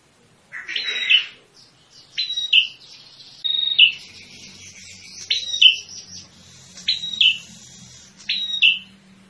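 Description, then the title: Prinia calls, high clipped notes with falling ends in short bursts roughly every one to two seconds, with some buzzy notes and a faint low hum. Lure sound used for trapping birds; called prenjak kepala merah (red-headed prinia), described as original and melodious. "Suara Pikat Prenjak Kepala Merah Asli Merdu"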